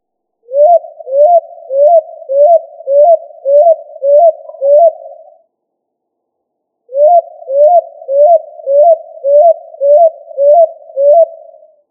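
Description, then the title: Pigeon calls: a run of about eight short, upslurred hooting notes at an even pace, a pause, then a second similar run; nothing else heard. "Familia ColumbidaePomba"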